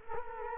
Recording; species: mosquito wingbeat signal from an infrared sensor; Culex quinquefasciatus